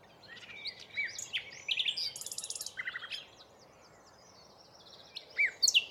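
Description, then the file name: Common nightingale song: varied phrases of whistled slurs and rapid dry rattling notes, a pause, then loud notes near the end. "Luscinia megarhynchos"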